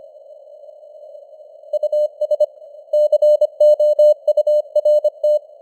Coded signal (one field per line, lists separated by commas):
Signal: Morse code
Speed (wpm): 25 wpm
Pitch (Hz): 600 Hz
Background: none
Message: US COURT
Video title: Morse Code News | 2025-10-20 | 25wpm